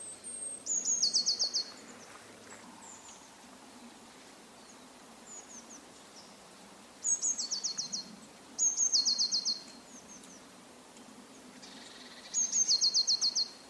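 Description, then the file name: Eurasian blue tit song: four phrases, each a sharp high note leading into a rapid, dry trill, separated by pauses of varying length. "Cyanistes caeruleus"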